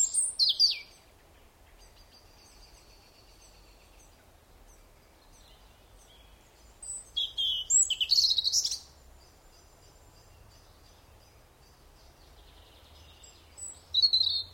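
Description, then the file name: European robin giving short, high, sparkling song bursts separated by long quiet gaps. "Erithacus rubecula"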